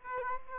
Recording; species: mosquito wingbeat signal from an infrared sensor; Aedes aegypti